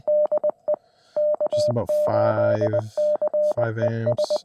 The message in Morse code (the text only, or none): DE K8CES